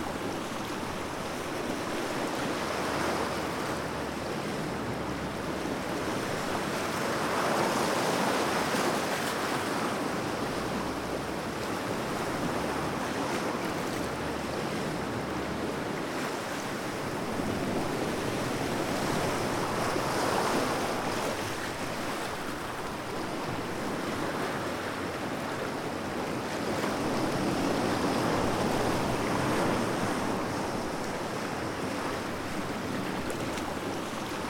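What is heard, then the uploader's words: Gentle waves wash in and out in slow, regular swells, each rising and fading over several seconds, roughly every six to seven seconds. The hiss of water is continuous, with a soft low rumble and light wind underneath. Baby Sleep Wave Sounds. Gentle waves as the sea washes in and out.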